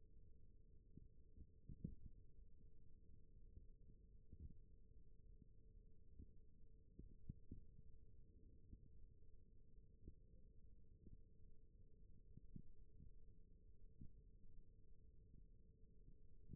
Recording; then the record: forearm muscle sounds (acoustic myography)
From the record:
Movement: rest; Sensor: system 1, eight BSWA MPA416 microphones around the upper forearm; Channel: 4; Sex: male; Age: 21 years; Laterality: right